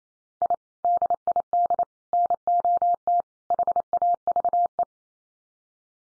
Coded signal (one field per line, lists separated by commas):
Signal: Morse code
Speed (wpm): 28 wpm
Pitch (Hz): 700 Hz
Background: none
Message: I DID NOT HAVE